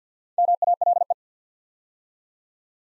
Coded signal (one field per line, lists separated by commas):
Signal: Morse code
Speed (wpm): 48 wpm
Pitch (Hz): 700 Hz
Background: none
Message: MALE